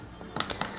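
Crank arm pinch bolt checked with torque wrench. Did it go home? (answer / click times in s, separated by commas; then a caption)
yes / 0.4 s. A torque wrench rechecks the crank arm pinch bolt on a Shimano XT crankset installed with a Paxisworks bottom bracket into an OS, because tightening one side may loosen the other. The wrench clicks immediately at 0.4 s, followed by two more sharp metallic ticks around 0.5 s and 0.6 s, confirming the bolt is already at torque.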